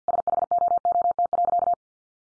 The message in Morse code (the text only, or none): SHOOT.